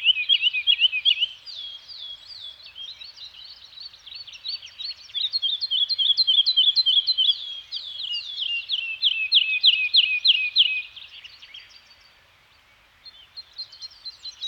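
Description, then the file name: Bird song of rapid trilled phrases in quick repeated bursts with brief pauses between them. Scandinavian forest soundscape with birds singing. "Nature Soundscape - Scandinavian Forest Environment with Birds Singing"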